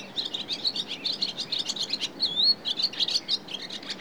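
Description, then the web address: Barn swallow song: a fast, steady twittering of high chirps and warbles, with a brief wavering note near the middle. "BBC Sound Effects Library. Swallow (Hirundo Rustica) Song"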